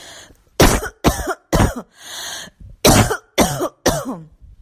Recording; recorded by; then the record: voluntary cough; messaging app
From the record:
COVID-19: negative